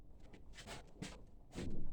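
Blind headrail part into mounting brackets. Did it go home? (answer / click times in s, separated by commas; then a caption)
no / none. A blind headrail part is handled near its mounting brackets, producing soft rustling and brushing bursts around 0.6–0.8, 1.0 and 1.6 seconds over a quiet background, with a faint tick at 0.3 seconds. Nothing has seated or clicked into the brackets yet.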